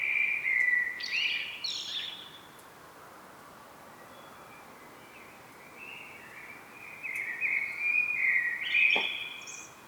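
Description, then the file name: Common blackbird delivering a fluty phrase with a squeaky high finish, a quiet pause, then a longer warbled phrase rising into a thin twitter. "Turdus merula"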